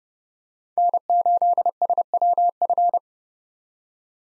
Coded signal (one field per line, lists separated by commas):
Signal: Morse code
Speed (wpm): 31 wpm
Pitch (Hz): 700 Hz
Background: none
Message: N8SWF